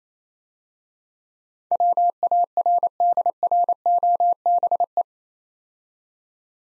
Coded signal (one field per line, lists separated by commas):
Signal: Morse code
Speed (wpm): 31 wpm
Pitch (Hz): 700 Hz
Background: none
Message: WARDROBE